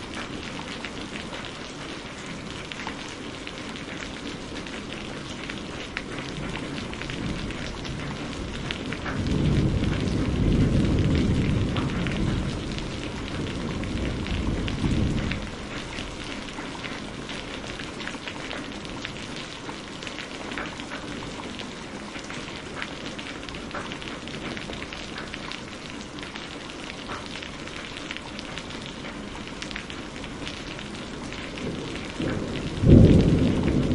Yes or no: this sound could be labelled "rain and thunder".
yes